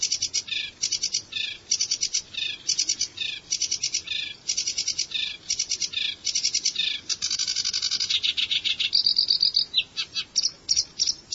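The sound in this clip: Bird gives rapid series of high notes in short repeated bursts, then a fast trill and a few more notes near the end.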